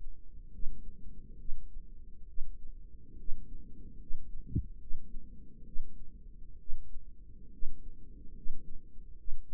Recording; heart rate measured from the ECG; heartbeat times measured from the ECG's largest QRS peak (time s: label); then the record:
heart sounds by microphone in the right ear; 69 bpm
0.55 s: heartbeat
1.41 s: heartbeat
2.30 s: heartbeat
3.21 s: heartbeat
4.02 s: heartbeat
4.82 s: heartbeat
5.68 s: heartbeat
6.62 s: heartbeat
7.55 s: heartbeat
8.38 s: heartbeat
9.20 s: heartbeat
From the record:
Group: healthy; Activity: rest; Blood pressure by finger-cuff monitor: 158/94 mmHg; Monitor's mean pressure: 111 mmHg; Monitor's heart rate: 70 bpm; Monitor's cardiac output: 8.1 L/min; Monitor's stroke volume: 116 mL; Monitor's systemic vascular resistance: 1030 dyn s/cm5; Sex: male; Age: 30 years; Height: 188 cm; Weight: 110.2 kg